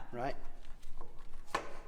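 A paper oil filter cartridge is pushed by hand onto the plastic filter housing cap of a 2013 Dodge Charger's engine. Someone talks briefly, faint ticks follow at 0.7 s and 1.0 s, and then a sharp, loud pop at 1.6 s as the cartridge snaps and locks into place. The filter element is seated.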